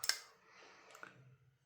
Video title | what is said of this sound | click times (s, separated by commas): Kizer Hawk Unboxing/Review/Disassembly | When you pull it out of there, it definitely makes a click. | 0.1 s